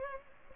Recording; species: mosquito wingbeat signal from an infrared sensor; Culex pipiens